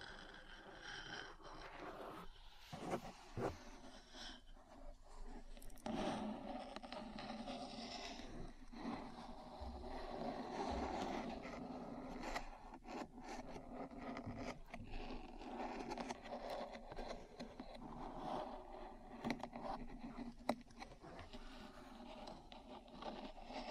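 Metal parts scrape and tap against each other in a dense, continuous clatter that runs the whole way through. Sharp knocks punctuate the grinding at irregular moments, clustering around the third and sixth seconds, while a low rumbling hum sits underneath.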